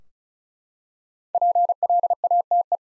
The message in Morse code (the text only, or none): PLATE